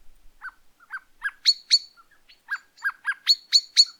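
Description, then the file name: Common blackbird calls: lower clucking notes alternating with sharp high chinks. "Turdus merula"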